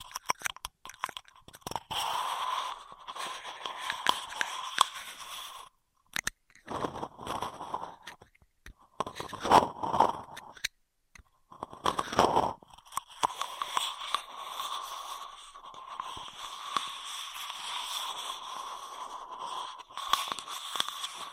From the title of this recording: Intense Straw Triggers